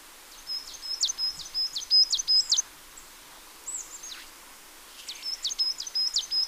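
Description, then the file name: Marsh tit calls: quick series of high, sharp repeated notes in two runs separated by a short gap, with a faint other bird note between and a light hiss. "Poecile palustris"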